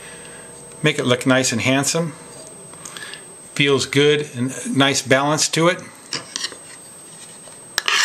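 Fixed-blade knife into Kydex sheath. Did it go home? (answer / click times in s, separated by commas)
yes / 7.8 s, 7.9 s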